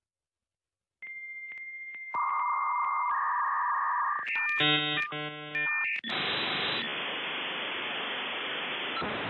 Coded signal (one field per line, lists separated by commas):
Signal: dial-up modem handshake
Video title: Let's Fight A Boss - GOTY Mixtrack 2018 (Dial-Up Modem Part 1)